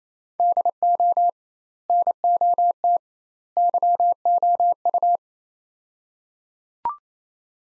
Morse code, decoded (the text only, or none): DO NOT YOU